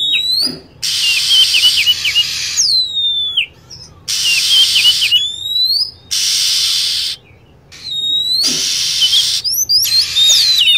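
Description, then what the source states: Lovebird calls: shrill whistled notes sweeping down, with quick chattering trills, alternating with long bursts of harsh hissing noise about every two seconds. Lure sound used to attract lovebirds.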